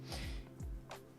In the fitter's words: yes and it just clicked off so this is a